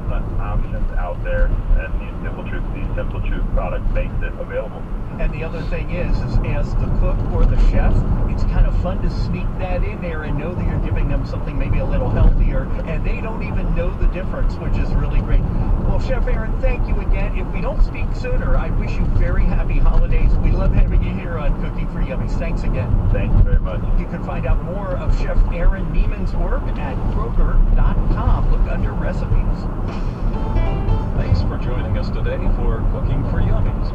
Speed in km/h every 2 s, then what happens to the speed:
56, 58, 60, 58, 60, 60, 61, 61, 60, 58, 55, 55, 58, 61, 61, 61, 61.
0-16 steady at about 60. 22-26 speeds up to 61. 26-34 steady at about 61.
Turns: none.